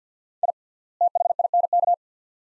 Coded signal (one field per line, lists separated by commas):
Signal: Morse code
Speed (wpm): 50 wpm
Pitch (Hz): 700 Hz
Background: none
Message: I THINK